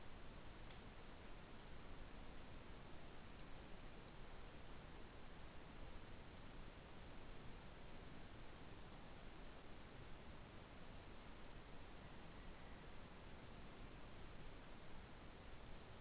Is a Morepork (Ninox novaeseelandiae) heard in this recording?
no